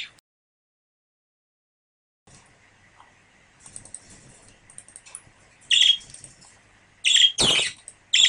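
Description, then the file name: Budgerigar calls: near silence at first, then faint scratchy chatter, followed by several loud, harsh, high squawks toward the end. A pair of budgerigars. "suara pasangan parkit. omkicau"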